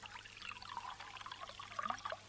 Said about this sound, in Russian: Ты выпьешь итальянского или французского вина? Да вот, красненького. Домработница наливает ей красненького.